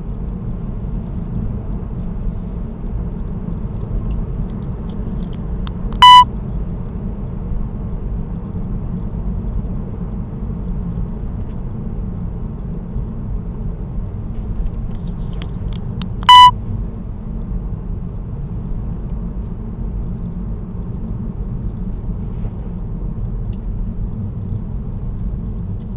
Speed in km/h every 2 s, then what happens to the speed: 53, 58, 59, 56, 54, 51, 50, 49, 46, 45, 43, 40, 36.
0-4 speeds up to 59. 4-26 slows to 36.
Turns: none.